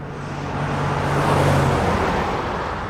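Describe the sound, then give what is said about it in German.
A car drives at speed on a motorway, with a steady broad roar of road and tyre noise over a low engine hum that swells slightly midway. No voices. “Als sie auf der Autobahn war, schob sie die Kassette in ihre Stereoanlage.”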